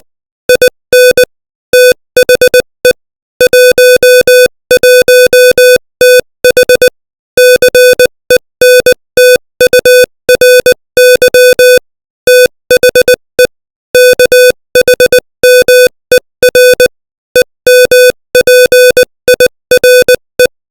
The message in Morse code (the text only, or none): IN THE 11TH CENTURY THE KHMER EMPIRE